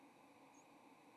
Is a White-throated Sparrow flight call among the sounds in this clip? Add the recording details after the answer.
no. Another species' flight call is heard. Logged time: 07:36 on 30 October 2014